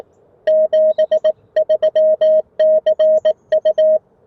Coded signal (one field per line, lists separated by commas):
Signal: Morse code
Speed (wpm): 20 wpm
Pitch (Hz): 620 Hz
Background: none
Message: 73 CU